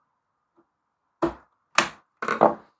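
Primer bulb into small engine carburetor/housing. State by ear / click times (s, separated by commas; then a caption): seated / 1.8 s. A replacement rubber and plastic primer bulb is pressed into its mounting hole in a small engine's carburetor housing, taking more than one push. A faint tick comes first, then three short bursts of pressing, and the bulb snaps into the housing with a sharp click at 1.8 s. The bulb is seated.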